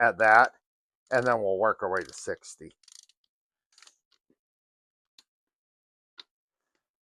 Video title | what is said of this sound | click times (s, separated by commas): 302 Motor Build - Part 1 | And when we get a little more horsepower on it, you'll hear it snap better. | 5.2 s, 6.2 s